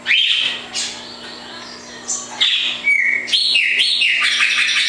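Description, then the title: Double-collared seedeater giving bright high song phrases, with a sharp opening note, a quieter stretch, then rapid slurred chirps to the end. "Canto Coleiro"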